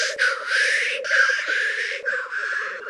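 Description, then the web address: Black grouse bubbling, low rolling cooing held almost continuously for about three seconds, under a strong steady hiss that briefly dips a few times. Recorded in Slovenia. "Tetrao tetrix"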